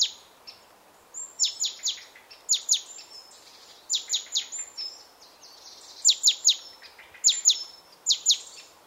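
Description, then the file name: Great tit calls: bright downslurred notes in clusters of two to four, repeated over a soft steady hiss. "Parus major"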